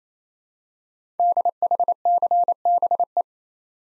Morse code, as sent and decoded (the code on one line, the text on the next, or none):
-.. .... -.-. -... .
DHCBE